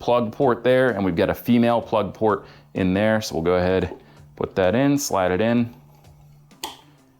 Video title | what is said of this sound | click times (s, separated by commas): Unboxing the Teledyne FLIR SIRAS - GEAR CHECK | and you'll hear once you let go of the clips you push it get one more push and the clips will clip into place and make that click sound and | 6.6 s